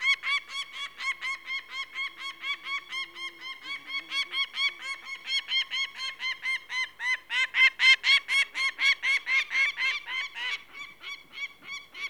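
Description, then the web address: Peregrine falcon in a fast, insistent cackle, with rapid harsh notes around four per second that rise in intensity midway before easing off. "BBC Sound Effects Library. Peregrine Falcon"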